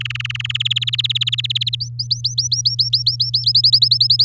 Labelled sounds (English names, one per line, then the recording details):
Domestic Canary song
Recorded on 9 May 2018 at 06:04
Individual llb16